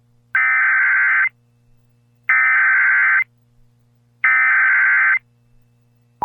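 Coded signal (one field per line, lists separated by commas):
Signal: Emergency Alert System (SAME) tones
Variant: header bursts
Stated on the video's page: Local Area Emergency alert received from an FM radio station, adding details to a boil water advisory.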